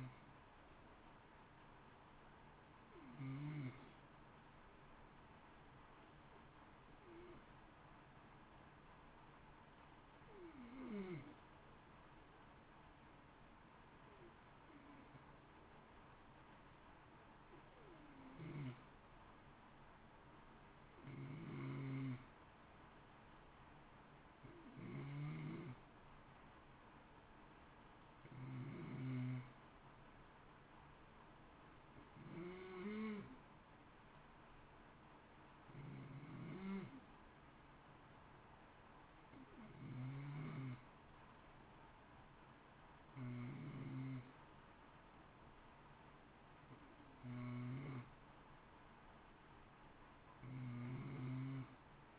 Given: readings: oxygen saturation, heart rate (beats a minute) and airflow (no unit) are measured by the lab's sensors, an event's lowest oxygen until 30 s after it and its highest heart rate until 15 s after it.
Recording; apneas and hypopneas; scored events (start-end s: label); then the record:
breathing in sleep by a voice recorder at the bedside; 1
13.00-24.10 s: hypopnea (N2, oxygen 93% highest, then 90% lowest, heart rate 57 at the start, 57 highest)
From the record:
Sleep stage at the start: N2 (light sleep); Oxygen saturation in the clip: 90 to 93%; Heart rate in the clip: 54 to 57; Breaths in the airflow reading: 18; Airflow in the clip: -0.8 to 0.8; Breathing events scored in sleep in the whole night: 328 in 6.3 hours asleep